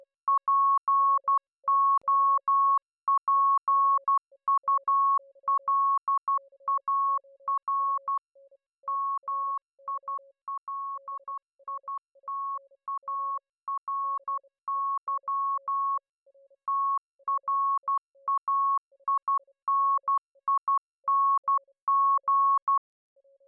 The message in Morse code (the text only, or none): POPULAR MILITARY TRAINING